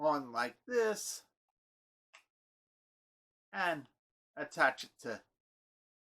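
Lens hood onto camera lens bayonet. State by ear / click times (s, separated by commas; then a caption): not seated / none. Someone talks while fitting a plastic lens shade onto the lens bayonet of a Panasonic Lumix G7 camera, with a brief sharp tick near 2.1 s between phrases. The hood is only being handled and nothing has seated or clicked yet.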